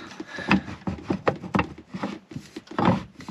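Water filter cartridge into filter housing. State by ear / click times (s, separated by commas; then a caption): not seated / none. A replacement water filter cartridge is lined up and pushed or twisted into the filter housing of a Triflow mini under-sink tap and water filtration kit in a camper van. A series of short knocks and rubs land around 0.5, 1.3, 1.6, 2.8 and 2.9 seconds. Nothing has seated or clicked yet; the cartridge is not yet home when the clip ends.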